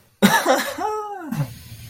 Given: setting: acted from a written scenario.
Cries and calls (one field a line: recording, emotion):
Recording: vocal sound without words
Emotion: positive surprise